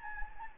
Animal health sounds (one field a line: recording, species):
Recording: mosquito wingbeat signal from an infrared sensor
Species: Anopheles gambiae